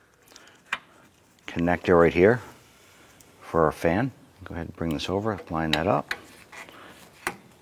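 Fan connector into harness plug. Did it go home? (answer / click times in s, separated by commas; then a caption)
no / none. A fan's electrical connector is handled and lined up with its mating plastic harness plug, ready to be pressed in, while someone talks. Brief sharp taps of handling stand out at about 0.7 s and 7.3 s. Nothing has seated or clicked yet.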